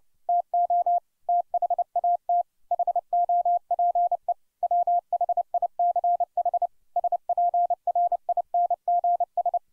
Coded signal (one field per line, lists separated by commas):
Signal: Morse code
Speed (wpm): 29 wpm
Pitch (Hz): 700 Hz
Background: none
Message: TO THAT HOPE WHICH SPRINGS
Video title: 30 wpm Morse Code Practice - Casey at the Bat